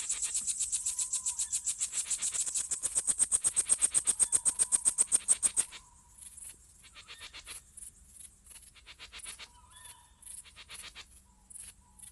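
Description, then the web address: Crickets: loud rapid high-pitched chirping pulses for several seconds, then stopping abruptly, leaving scattered quieter chirps; soft whistled notes sound lower down now and then. Summer night ambience. "sonniss gdc audio. crickets owls summer night"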